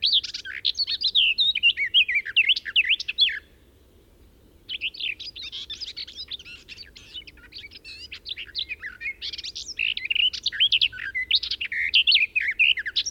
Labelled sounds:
Garden Warbler song
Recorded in the wild
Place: Eberswalde, Brandenburg, DE
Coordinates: 52.837, 13.788
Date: 1972-06-08
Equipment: Nagra III BH, Sennheiser MD 21, parabola
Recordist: Schubert, Michael

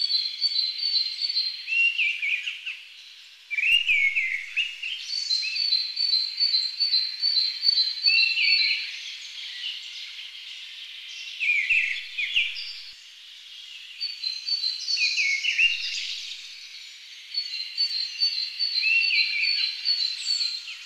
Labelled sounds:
Mistle Thrush song
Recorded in the wild
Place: Kandel /Schwarzwald; Waldkirch, Baden-Württemberg, DE
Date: 2011-04-07
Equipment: MiniDisc Sharp MT 20 H
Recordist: Schwarz, Dieter

